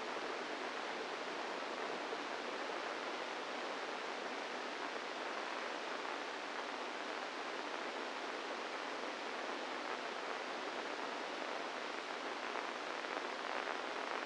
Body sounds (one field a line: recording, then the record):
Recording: brain microelectrode recording played as sound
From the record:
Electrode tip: inside the subthalamic nucleus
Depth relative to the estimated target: 0 mm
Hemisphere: right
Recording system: NeuroSet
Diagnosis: Parkinson's disease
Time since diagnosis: 10 years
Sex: female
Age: 45 years